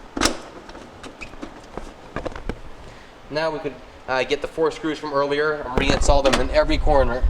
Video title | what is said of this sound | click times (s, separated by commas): Kenmore Refrigerator Repair - Fresh Food Section Is Not Cooling - Defrost Timer | Put it back in place. It'll snap in place. | 0.2 s